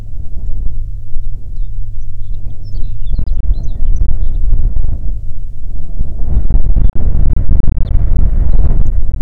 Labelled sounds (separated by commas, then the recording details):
songbird, wind
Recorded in the Prudhoe Bay oil fields, Alaska, on 6 June 2019 at 14:01
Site 16